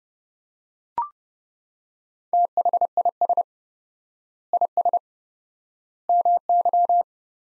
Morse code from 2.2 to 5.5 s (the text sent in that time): THIS IS